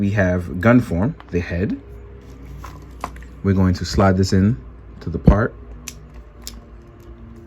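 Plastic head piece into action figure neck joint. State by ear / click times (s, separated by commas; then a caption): seated / 5.9 s, 6.5 s. Someone talks while sliding the plastic swap head part for the Gun Form into the neck joint of an S.H. Figuarts Shinkocchou Seihou Kamen Rider Den-O Sword & Gun Form action figure. Short, sharp clicks sound at 5.9 s and 6.5 s as the head seats in place.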